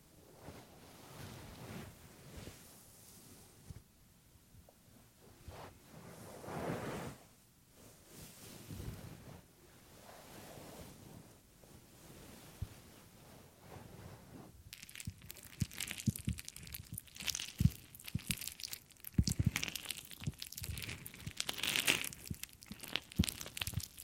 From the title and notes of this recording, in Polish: CZYSZCZENIA USZU ASMR po polsku.